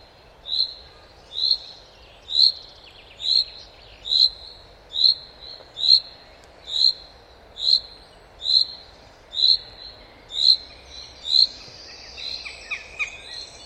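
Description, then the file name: Common chaffinch giving a sharp, bright single-note call, repeated steadily about once a second, around thirteen times, over a low, quiet background hiss. "Fringilla coelebs"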